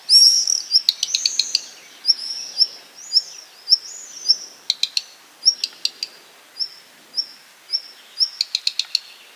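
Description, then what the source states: Black redstart calls: short whistled notes repeated almost continuously, mixed with several bursts of sharp ticking clicks. Call and alarm call.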